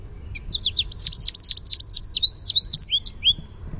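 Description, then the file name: American goldfinch contact song: about three seconds of fast, high, varied twitters and slurred sweet notes, clear against a quiet background. "Sweeet" contact call and contact song. "AMGO contact song sweeet"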